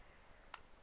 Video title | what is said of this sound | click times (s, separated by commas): Default Case Review | going to put that in first and then it just snap in you should hear a little snap so let's take a look at this | 0.5 s